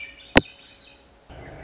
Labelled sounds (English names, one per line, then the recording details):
Swainson's Thrush
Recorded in Sonoma County, California